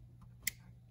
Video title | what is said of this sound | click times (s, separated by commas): VW Stereo Head Unit Multimedia Touchscreen Repair | tiny click. It's in. | 0.5 s